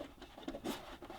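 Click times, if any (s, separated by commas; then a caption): none. The water tank float of a dehumidifier is pushed up by hand to work its micro switch, making soft rubbing and scraping sounds with a few brief knocks. The micro switch does not click; nothing has clicked in.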